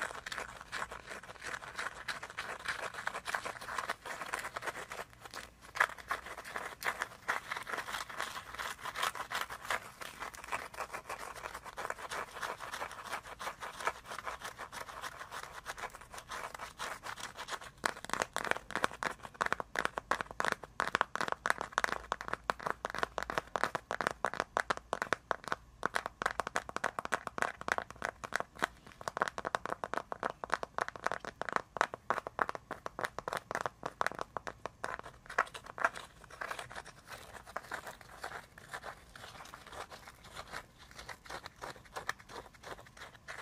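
Icy, frozen triggers: a dense, continuous run of crisp crinkling, crunching and rubbing taps, bright and brittle, with rapid irregular clicks throughout. The texture stays busy the whole way, growing louder and sharper from about eighteen seconds on, with brief pauses near five and twenty-six seconds.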